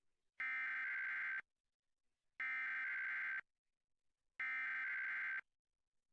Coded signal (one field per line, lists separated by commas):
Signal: Emergency Alert System (SAME) tones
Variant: header bursts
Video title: KCOP Weekly EAS Alert (May 24, 2020)